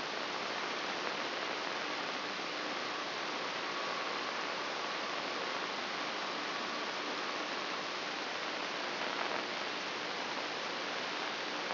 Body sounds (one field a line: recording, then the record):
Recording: brain microelectrode recording played as sound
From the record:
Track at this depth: inside the subthalamic nucleus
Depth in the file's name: 4.265 mm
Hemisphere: left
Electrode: 3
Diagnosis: Parkinson's disease